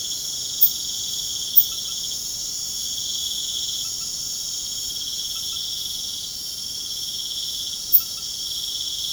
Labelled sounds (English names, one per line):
none